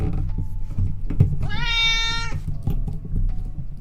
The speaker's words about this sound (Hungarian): Neki aztán hiába nyávogsz. Abból nem lesz több.